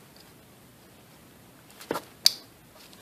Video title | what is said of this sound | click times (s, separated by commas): 2007-2008 Chrysler Aspen AC compressor replacement | I heard it click that's | 2.3 s